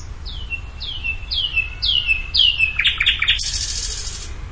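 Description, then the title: Bird song: five downslurred whistled notes, each falling and trailing off, followed by a harsh buzzy burst. "LuckyPassaro Completos2Sama"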